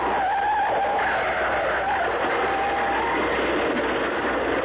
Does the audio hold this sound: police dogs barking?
no